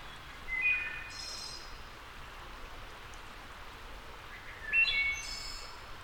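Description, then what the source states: Two phrases of wood thrush song roughly four seconds apart, clear bell-like whistles followed by shimmering high trills, with steady hiss behind. Labelled as a return.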